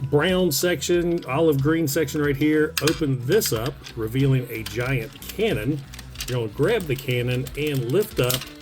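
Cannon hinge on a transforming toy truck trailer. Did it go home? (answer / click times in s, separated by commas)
no / none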